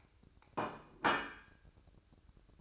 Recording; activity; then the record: daily activity, microphone in the room; place plate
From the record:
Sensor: 2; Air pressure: 1007.3 hPa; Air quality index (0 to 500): 39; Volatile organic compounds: 1 ppm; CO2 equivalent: 537 ppm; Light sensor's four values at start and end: 6/15/6/6 and 6/15/6/6